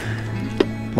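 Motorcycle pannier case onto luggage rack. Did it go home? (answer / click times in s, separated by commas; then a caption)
yes / 0.6 s. A motorcycle pannier case, hooked onto the luggage rack of a 2023 Suzuki V-Strom 1050DE and lifted up, is pressed and locked onto the rack as OEM luggage. Over steady background music, a single sharp click at 0.6 s marks the pannier box lock engaging. The case is seated and locked in place.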